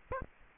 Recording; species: mosquito wingbeat signal from an infrared sensor; Aedes albopictus